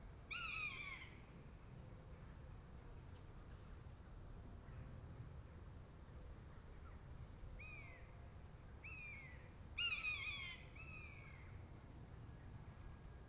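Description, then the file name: Buzzard calls: a loud falling mew opens, then shorter, softer downslurred notes before another loud cry, over low background rumble. A pair of buzzards. "jl buzzard pair"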